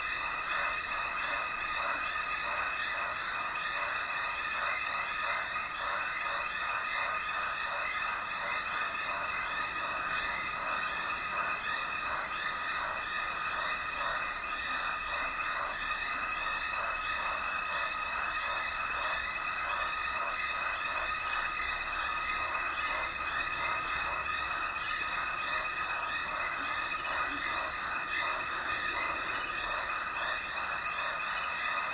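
Frogs call without pause around a dry stretch of the Limpopo River at the start of the rainy season. Dense, fast, regular pulsing chorus, bright and steady for the whole stretch, with a high repeating chirp pattern above and a soft low rumble underneath.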